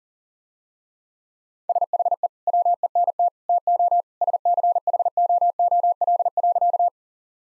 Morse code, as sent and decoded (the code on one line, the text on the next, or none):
... .... . / .-- . -. - / - --- / ... -.-. .... --- --- .-.. .-.-.-
SHE WENT TO SCHOOL.